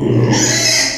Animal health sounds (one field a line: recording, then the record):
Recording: squeal of a Yucatan mini pig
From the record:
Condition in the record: before surgery on the right vocal fold (resection and tissue-engineered implant)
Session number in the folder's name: 2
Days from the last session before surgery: 0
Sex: male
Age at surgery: 12 weeks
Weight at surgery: 13 kg